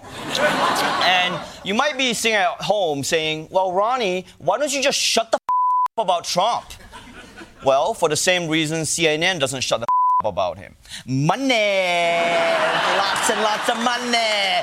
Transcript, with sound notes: And you might be sitting at home saying, well, Ronny, why don't you just shut the [expletive] up about Trump?
(LAUGHTER)
Well, for the same reason CNN doesn't shut the [expletive] up about him - money, lots and lots of money.